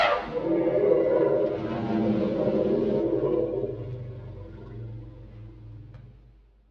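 Elephant call: one long, harsh roar rich in overtones, starting loud and slowly fading away.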